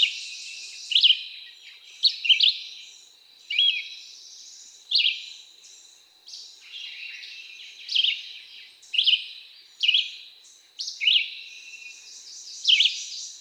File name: Red-eyed Vireo